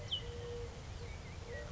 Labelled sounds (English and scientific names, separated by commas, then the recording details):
Eurasian Collared Dove (Streptopelia decaocto)
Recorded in Sonoma County, California